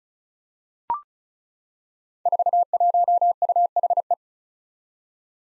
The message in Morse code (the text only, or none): 41UHE